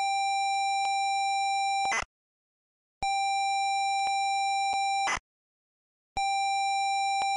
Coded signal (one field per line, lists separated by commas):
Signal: ZX Spectrum tape loading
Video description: this video shows the tape loading and execution the Jetpac game in MSX